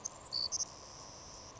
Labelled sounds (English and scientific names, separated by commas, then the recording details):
Savannah Sparrow (Passerculus sandwichensis)
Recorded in Sonoma County, California